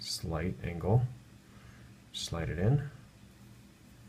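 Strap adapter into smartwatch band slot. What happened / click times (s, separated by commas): Handled, not yet seated: no click heard / none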